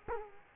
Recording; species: mosquito wingbeat signal from an infrared sensor; Culex quinquefasciatus